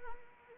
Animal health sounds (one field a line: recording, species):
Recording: mosquito wingbeat signal from an infrared sensor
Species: Anopheles arabiensis